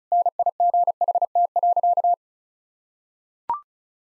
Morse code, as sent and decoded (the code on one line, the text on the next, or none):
-. .. --. .... - .-.-.-
NIGHT.